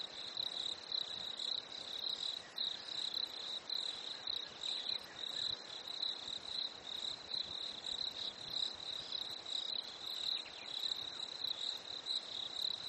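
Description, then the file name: Cricket chorus, a continuous shrill pulsing at one high pitch. Nature ambience at a lake in winter. "smartsound ATMO NATURE Fresh Winter Lake Crickets Birds"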